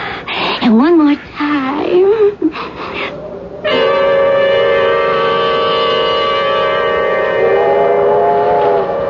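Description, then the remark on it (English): A train rumbles along while its whistle sounds, first in short wavering, rising-and-falling tones, then in one long, loud, steady multi-toned blast that holds to the end. “To think you could sleep just as calm and cool a minute before you have to hold up a train.”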